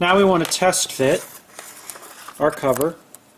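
Someone talks while a plastic diffuser cover is handled for a test fit against an aluminum LED channel profile, with faint handling noises between the phrases. Nothing has seated or clicked yet.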